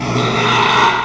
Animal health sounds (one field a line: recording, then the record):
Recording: squeal of a Yucatan mini pig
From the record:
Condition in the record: after surgery on the right vocal fold (resection and tissue-engineered implant)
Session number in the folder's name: 1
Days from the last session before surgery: 6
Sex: male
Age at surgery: 12 weeks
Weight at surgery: 13 kg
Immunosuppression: cyclosporine, prednisolone